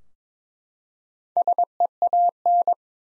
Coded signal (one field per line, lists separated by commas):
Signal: Morse code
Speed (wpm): 22 wpm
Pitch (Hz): 700 Hz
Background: none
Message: SEAN